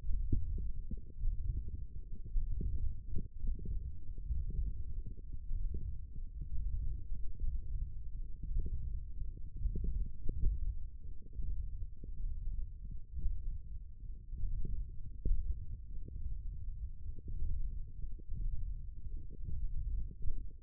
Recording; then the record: forearm muscle sounds (acoustic myography)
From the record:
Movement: thumb flexion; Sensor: system 1, eight BSWA MPA416 microphones around the upper forearm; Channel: 3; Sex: male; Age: 21 years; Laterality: right